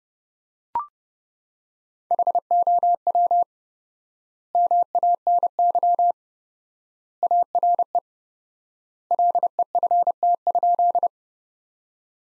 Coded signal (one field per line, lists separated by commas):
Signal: Morse code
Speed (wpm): 32 wpm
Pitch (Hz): 700 Hz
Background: none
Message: HOW MANY ARE LEFT?